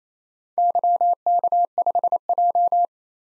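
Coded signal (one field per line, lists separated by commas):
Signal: Morse code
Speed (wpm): 27 wpm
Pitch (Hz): 700 Hz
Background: none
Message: YK5J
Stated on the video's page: Four-character random letter-number practice groups at 28 wpm, each sent in Morse, spoken, then sent again, for head-copy training.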